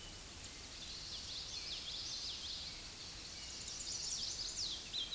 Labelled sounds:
Common Yellowthroat song
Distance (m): 50 m
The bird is about level with the microphone
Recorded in a Pennsylvania forest on 16 May 2024 at 07:57
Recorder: AudioMoth, point MSD-2257
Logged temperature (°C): 16.0 °C
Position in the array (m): 232 m, 176 m

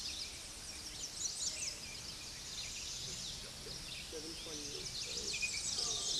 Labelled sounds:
American Redstart song
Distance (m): 70 m
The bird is about 15 m above the microphone
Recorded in a Pennsylvania forest on 16 May 2024 at 07:28
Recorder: AudioMoth, point MSD-0407
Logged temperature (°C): 15.8 °C
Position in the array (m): 44 m, 230 m

